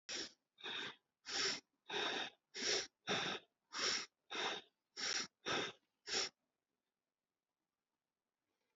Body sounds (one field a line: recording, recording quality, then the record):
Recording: shallow breathing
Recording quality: excellent, no background noise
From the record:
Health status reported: healthy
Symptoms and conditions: none ticked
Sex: female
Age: 59 years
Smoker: not ticked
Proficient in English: no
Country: India